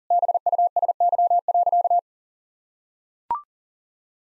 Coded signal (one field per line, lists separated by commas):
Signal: Morse code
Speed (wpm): 40 wpm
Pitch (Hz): 700 Hz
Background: none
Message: BUSY.